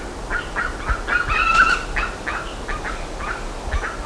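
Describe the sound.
Birds calling with short nasal honks and a longer drawn-out squeal in the middle, notes coming several per second against a low rumble.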